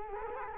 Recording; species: mosquito wingbeat signal from an infrared sensor; Culex quinquefasciatus